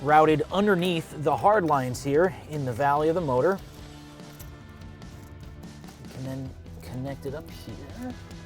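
Someone talks over background music while routing a new fuel line from a supercharger kit underneath the hard lines in the engine valley, then handles its quick-connect fitting toward the fuel rail connection. After the talk, quiet handling taps and rustles follow around 4.2–5.8 s. Nothing has seated or clicked yet.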